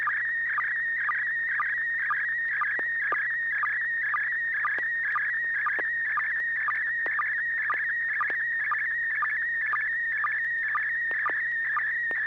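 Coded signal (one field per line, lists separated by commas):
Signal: SSTV (slow-scan television)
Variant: PD120 mode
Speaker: Bob uh are you ready well hopefully I am uh this should be PD 120 and 6 pgq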